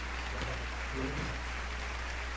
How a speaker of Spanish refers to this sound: Estamos escuchando la ovación.